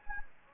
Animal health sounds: mosquito wingbeat signal from an infrared sensor; Anopheles gambiae

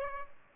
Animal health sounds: mosquito wingbeat signal from an infrared sensor; Culex pipiens

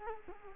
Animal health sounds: mosquito wingbeat signal from an infrared sensor; Culex quinquefasciatus

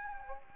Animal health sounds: mosquito wingbeat signal from an infrared sensor; Anopheles gambiae

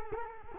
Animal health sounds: mosquito wingbeat signal from an infrared sensor; Culex quinquefasciatus

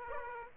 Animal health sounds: mosquito wingbeat signal from an infrared sensor; Aedes aegypti

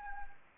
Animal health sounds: mosquito wingbeat signal from an infrared sensor; Anopheles arabiensis

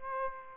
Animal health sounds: mosquito wingbeat signal from an infrared sensor; Aedes aegypti

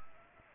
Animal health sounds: mosquito wingbeat signal from an infrared sensor; Aedes aegypti

